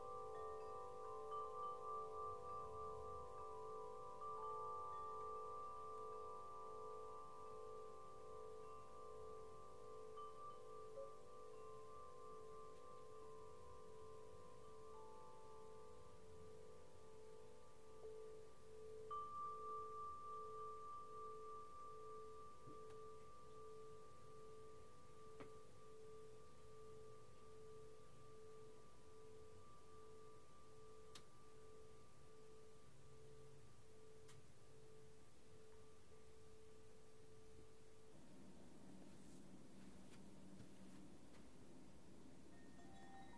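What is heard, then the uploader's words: Chimes ring in long, steady, overlapping tones for most of the clip, mid-pitched with a few brighter notes above, over a low rumble of wind. Faint clicks appear near the end, and around 38 seconds the ringing cuts off, leaving rougher noise. A Mesmerizing Wind Chime Collection. From delicate glass chimes to rustic metal ones, each produces its own enchanting melody as the wind orchestrates a beautiful symphony.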